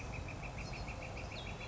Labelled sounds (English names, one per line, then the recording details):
Northern Flicker
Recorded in Sonoma County, California